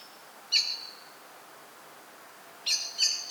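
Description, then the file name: Common blackbird giving one sharp chink note, a pause of about two seconds, then two more quick metallic chinks. "Turdus merula"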